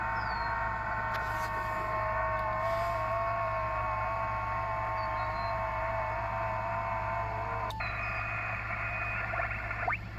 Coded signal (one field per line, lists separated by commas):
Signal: FT8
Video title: yaesu ft891 ham radio portable setup